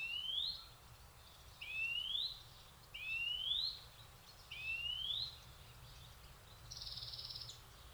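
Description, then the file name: European greenfinch giving four upward-sliding whistled calls, each over half a second long, followed by a flat drawn-out buzzy wheeze at the end. "Chloris chloris"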